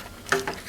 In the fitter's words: And I can hear a little clicking going on, which means these pieces are seating themselves.